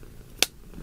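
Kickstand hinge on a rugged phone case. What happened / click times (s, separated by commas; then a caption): The plastic kickstand snapped open and locked into place / 0.4 s. The kickstand on a rugged plastic Samsung Galaxy S9 / S9 Plus official phone case is folded out and snapped open, giving one sharp, bright click at 0.4 s over quiet background noise. The kickstand locks into place.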